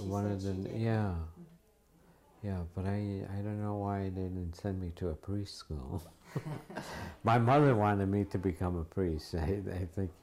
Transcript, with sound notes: One of them, yeah. Yeah, but I — I don't know why they didn't send me to a priest school. [Laughs] My mother wanted me to become a priest, I think.